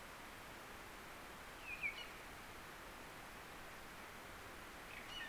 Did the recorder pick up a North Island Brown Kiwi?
no